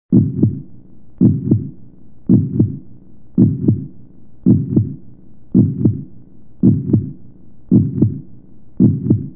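Paired low thumps, lub then dub, repeat steadily at about 56 beats a minute with an even rhythm and quiet gaps between beats. It is a regular adult heartbeat with clear first and second heart sounds.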